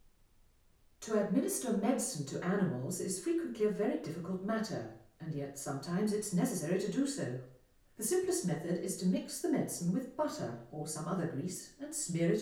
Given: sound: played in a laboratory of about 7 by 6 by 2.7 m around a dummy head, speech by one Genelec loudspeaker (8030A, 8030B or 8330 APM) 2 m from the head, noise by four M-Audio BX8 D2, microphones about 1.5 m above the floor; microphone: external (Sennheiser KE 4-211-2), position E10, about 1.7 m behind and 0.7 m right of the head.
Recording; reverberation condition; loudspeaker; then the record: female speech in English; medium; 30 degrees to the left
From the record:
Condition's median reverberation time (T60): about 510 ms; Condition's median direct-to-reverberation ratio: about -0.5 dB